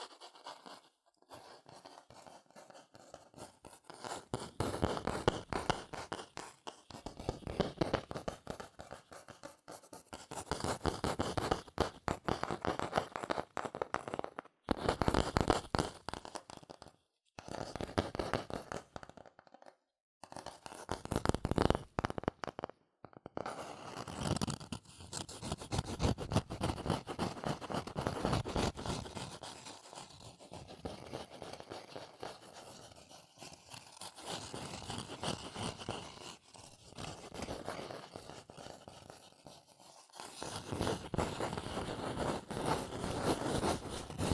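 Fast scratching and tracing sounds on cardboard or paper, a dense, bright rasping that runs almost continuously with rapid bursts. Brief silent gaps break it up around 15, 17, 20 and 23 seconds, and the rubbing swells and fades in waves throughout.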